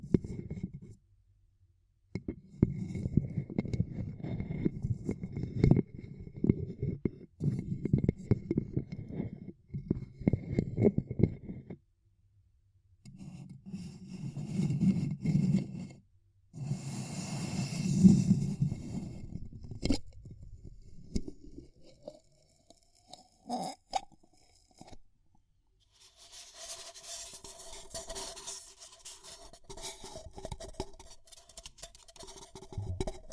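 Ear cupping: muffled, low whooshing rubs come in bursts through the first twelve seconds, pause, then return in two longer swells around fifteen to twenty seconds. After that come scattered soft clicks, then a thinner, hissy rustle with a faint tone.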